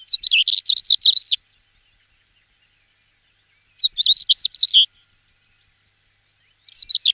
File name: CHekan chernogolovyy